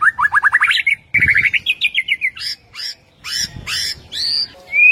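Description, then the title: White-rumped shama in rapid song, strings of quick rising chirps followed by harsher falling notes and a final clear whistle. Training track of rolling song with sharp piercing notes, the ngerol and nembak song styles. "Masteran Murai Batu Full Ngerol Nembak"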